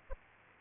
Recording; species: mosquito wingbeat signal from an infrared sensor; Aedes aegypti